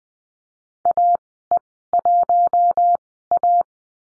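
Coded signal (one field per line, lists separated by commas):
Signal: Morse code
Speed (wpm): 20 wpm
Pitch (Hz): 700 Hz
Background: none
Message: AE1A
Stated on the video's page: Morse code course lesson on call signs at Farnsworth speed 20/10 wpm.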